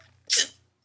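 A single brief, airy sneeze burst, imitated by an adult man: a small, quiet sneeze after a big wind-up.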